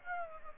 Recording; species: mosquito wingbeat signal from an infrared sensor; Aedes aegypti